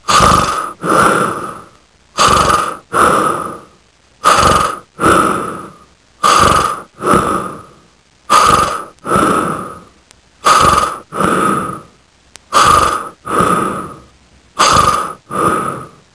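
Human snoring: regular rasping, noisy breath sounds in paired bursts, about eight breath cycles in sixteen seconds, with a rough nasal buzz on each pass and brief silences between. A sound effect.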